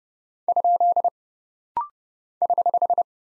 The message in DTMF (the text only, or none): none